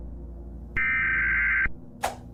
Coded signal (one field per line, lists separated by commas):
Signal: Emergency Alert System (SAME) tones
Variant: header bursts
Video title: Minions react to EAS Scenario: Sky net (Analog Horror)